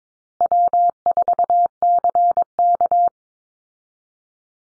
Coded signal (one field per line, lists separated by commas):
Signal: Morse code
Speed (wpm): 22 wpm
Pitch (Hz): 700 Hz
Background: none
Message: W4CK